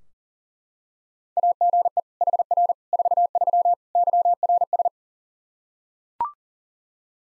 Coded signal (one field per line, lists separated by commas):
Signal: Morse code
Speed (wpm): 37 wpm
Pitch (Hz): 700 Hz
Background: none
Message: AGE HR 43 YRS